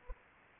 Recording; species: mosquito wingbeat signal from an infrared sensor; Anopheles arabiensis